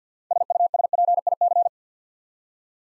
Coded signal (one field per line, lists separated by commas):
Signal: Morse code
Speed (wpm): 48 wpm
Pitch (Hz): 700 Hz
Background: none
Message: SUSPIC